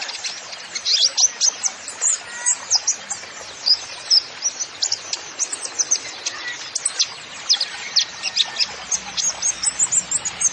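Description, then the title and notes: Kolibri Ninja song: continuous lively sequence of sharp, very high chirps and twitters, steady throughout over light background noise. Song with full isian (fill) phrases and tembakan (shot) style, in full song (gacor), used as masteran to train songbirds. "MASTERAN KOLIBRI NINJA FULL ISIAN DAN TEMBAKAN. Suara Burung Kolibri Ninja Gacor"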